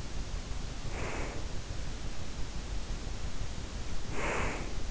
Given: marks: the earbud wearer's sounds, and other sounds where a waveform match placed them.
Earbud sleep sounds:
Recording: sounds in sleep by an in-ear microphone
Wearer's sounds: breath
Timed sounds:
0.46-1.50 s: breath
3.94-4.82 s: breath

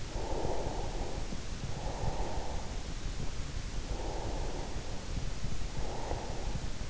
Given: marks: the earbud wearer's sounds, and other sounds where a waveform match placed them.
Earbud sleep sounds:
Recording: sounds in sleep by an in-ear microphone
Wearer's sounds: breath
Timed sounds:
0.15-3.40 s: breath
4.18-6.90 s: breath

